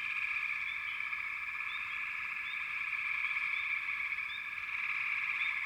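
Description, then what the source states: Frogs calling together in an unbroken shrill trill, with occasional quick rising chirps above it. Frog chorus recorded in the American wilds.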